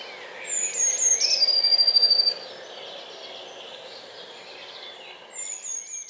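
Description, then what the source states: Eurasian blue tit singing a high sliding whistle with a rapid trill, then a pause before another high thin phrase begins near the end. Fairly high-pitched song of a blue tit in a British garden.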